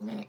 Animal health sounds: pig call; piglet (1 to 25 days)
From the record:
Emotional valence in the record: negative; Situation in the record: long isolation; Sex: male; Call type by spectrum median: low-frequency call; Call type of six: mixed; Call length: 0.28 s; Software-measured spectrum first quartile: 213 Hz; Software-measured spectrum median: 293 Hz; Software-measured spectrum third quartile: 848 Hz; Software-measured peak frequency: 220 Hz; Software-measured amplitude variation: 133 dB a second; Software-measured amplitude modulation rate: 12.4 a second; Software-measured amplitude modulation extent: 10.7 dB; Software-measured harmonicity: 7.8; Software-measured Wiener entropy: -0.80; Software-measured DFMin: 1610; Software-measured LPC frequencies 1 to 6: 2408, 3799, 5182, 7583, 9553, 10640 Hz

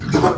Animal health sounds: pig call; growing-finishing pig (85 days or more)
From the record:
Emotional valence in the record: positive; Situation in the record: run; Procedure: transit

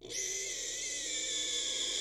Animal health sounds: pig call; weaner (32 to 43 days)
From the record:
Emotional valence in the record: negative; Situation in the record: restrain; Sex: male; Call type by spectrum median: high-frequency call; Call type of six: high-frequency stable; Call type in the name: high-frequency stable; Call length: 2.1 s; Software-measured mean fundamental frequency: 263 Hz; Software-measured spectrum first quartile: 3068 Hz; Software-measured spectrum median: 4913 Hz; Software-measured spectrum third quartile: 6573 Hz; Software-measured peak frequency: 3470 Hz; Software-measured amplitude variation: 73 dB a second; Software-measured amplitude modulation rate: 29.2 a second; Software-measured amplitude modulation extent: 2.5 dB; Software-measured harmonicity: 1.9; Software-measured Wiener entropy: -1.79

